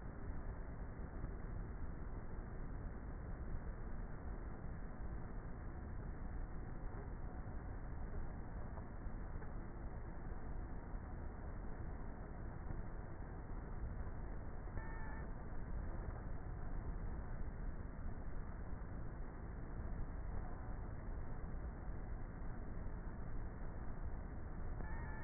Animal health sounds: honeybee colony, microphone inside the hive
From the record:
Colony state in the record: queenless with a low population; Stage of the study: before two queens were removed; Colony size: about 30,000 bees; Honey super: no

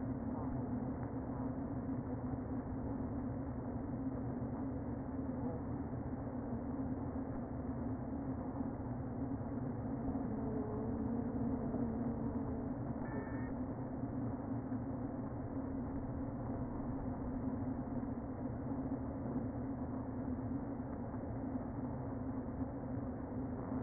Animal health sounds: honeybee colony, microphone inside the hive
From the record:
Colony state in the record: queen present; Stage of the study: before two queens were removed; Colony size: about 60,000 bees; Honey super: yes

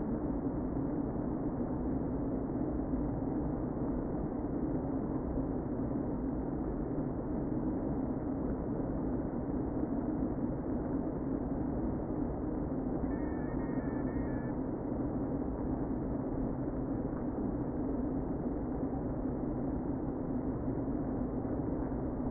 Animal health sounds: honeybee colony, microphone inside the hive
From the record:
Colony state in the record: queen present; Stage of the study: before two queens were removed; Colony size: about 60,000 bees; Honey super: yes

